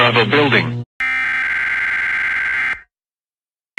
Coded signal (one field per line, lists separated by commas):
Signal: Emergency Alert System (SAME) tones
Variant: header bursts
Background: speech